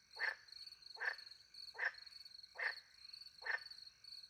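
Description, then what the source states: Frog giving short, harsh croaks about every 0.8 seconds, five in all, with a continuous shrill trilling of crickets behind. Countryside by night beside a little pond in France, with crickets; microphones hidden in a tree near the pond; two Usi Pro microphones recorded into a MixPre-10 II.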